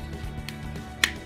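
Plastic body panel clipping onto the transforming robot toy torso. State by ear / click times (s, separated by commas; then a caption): seated / 0.5 s, 1.0 s. On a Magic Square MS Toys MS-B58 Brontosaurus Sludge transforming robot toy, the plastic body panels are wrapped around the torso in the last step of the transformation: the two outermost plastic clips are fastened first, then the top section is pressed down. The plastic parts snap shut with a lighter click at 0.5 s and a sharper, louder click at 1.0 s over background music, and the panels are seated.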